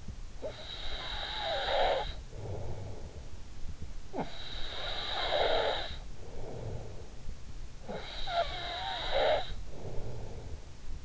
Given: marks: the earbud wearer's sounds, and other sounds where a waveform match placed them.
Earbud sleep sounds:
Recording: sounds in sleep by an in-ear microphone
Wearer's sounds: snoring breath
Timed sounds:
0.00-3.48 s: snoring breath
3.65-7.37 s: snoring breath
7.48-11.05 s: snoring breath

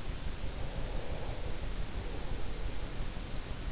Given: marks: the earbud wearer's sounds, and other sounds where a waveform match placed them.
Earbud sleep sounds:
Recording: sounds in sleep by an in-ear microphone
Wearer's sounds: breath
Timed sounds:
0.59-3.17 s: breath

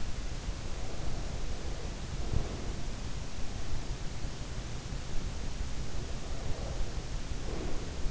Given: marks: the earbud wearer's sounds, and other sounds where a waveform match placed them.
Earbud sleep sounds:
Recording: sounds in sleep by an in-ear microphone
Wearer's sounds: breath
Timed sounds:
0.56-3.08 s: breath
5.99-8.10 s: breath

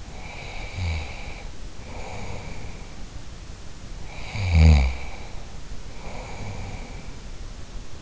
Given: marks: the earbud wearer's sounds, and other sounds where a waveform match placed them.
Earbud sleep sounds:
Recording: sounds in sleep by an in-ear microphone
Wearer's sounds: snoring breath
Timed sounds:
0.00-2.96 s: snoring breath
4.00-7.12 s: snoring breath

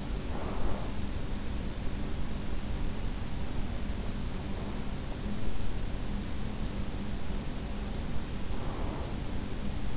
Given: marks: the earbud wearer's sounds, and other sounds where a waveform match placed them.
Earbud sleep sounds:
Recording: sounds in sleep by an in-ear microphone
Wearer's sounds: breath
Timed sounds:
0.00-1.31 s: breath
8.46-9.43 s: breath

